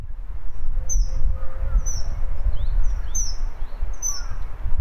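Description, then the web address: Bird giving high, descending whistles at irregular intervals, with fainter notes between them and a constant deep rumble underneath. "yacho koe"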